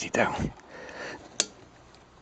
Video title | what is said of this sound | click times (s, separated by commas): chain and sprockets.mp4 | Click and it's done. | 1.4 s